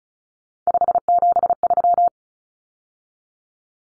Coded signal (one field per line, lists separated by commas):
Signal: Morse code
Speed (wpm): 34 wpm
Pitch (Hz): 700 Hz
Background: none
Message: 573